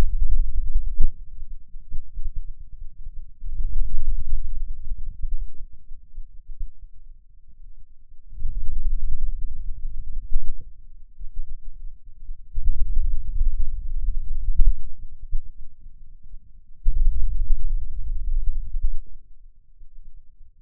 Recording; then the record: forearm muscle sounds (acoustic myography)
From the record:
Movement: hand opening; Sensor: system 2, bracelet of six BSWA MPA416 microphones around the upper forearm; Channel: 1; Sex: male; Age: 22 years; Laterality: right